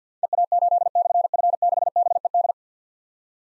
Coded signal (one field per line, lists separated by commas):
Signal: Morse code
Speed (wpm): 47 wpm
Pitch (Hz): 700 Hz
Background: none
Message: EA8/F6BED